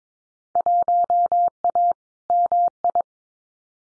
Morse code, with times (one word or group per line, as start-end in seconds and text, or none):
0.6-1.9 1A
2.3-3.0 MI